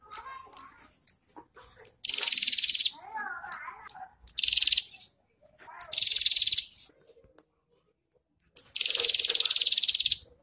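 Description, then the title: Prinia producing four sharp buzzy rattles, the last longest and loudest, separated by soft chattering and a quiet warbling phrase. Local name prenjak kepala merah; recording intended for training songbirds (masteran). "Suara Prenjak Kepala Merah Untuk Masteran"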